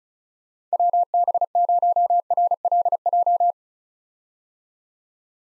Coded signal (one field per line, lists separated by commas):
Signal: Morse code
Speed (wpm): 36 wpm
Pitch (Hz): 700 Hz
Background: none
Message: WB0RLJ